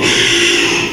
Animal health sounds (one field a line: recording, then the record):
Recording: squeal of a Yucatan mini pig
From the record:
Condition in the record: after surgery on the right vocal fold (resection and tissue-engineered implant)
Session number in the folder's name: 1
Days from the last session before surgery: 6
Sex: male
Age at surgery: 12 weeks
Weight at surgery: 13 kg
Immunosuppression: cyclosporine, prednisolone